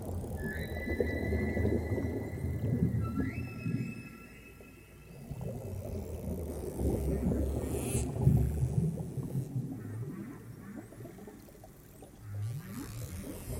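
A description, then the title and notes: Whales and dolphins underwater: steady, high whistles sound in the first four seconds, one sliding upward near the three-second mark. A dense, churning low rumble fills the whole clip, with groaning swells and a brief bright burst around eight seconds. Whales & Dolphins | Natural Sounds.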